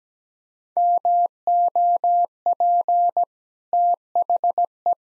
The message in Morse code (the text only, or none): MOP THE